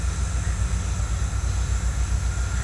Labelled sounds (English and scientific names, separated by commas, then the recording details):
none
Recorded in pastures near Puerto Asís, Putumayo, Colombia, on 21 December 2024 at 10:00
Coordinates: 0.466, -76.322
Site G040